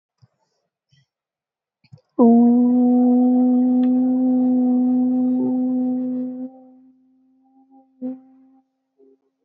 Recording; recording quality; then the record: sustained vowel as in boot; excellent, no background noise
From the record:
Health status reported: healthy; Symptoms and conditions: none ticked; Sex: female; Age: 21 years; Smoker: not ticked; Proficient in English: yes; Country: India